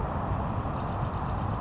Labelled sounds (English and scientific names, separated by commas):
Bewick's Wren (Thryomanes bewickii)